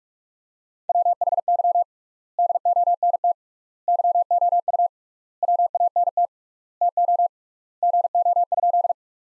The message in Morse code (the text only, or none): WHY DONT YOU WANT TO GO?